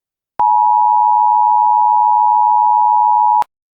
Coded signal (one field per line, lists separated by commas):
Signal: Emergency Alert System (SAME) tones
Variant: 853 and 960 Hz attention tone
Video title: EAS Scenario: The Underground Monster [FULL]